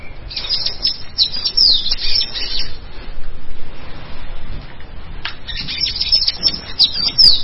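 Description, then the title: Bird song of high, scratchy chirps and short sweeping notes, strongest at the start and near the end, over a steady low rumble. "LuckyPassaro Completos2Sama"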